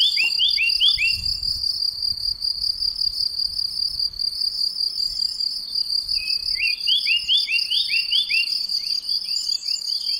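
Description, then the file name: Eurasian blackcap giving a run of repeated, clipped downslurred notes at the start and again later, against a steady, shrill insect trill. "Sylvia atricapilla"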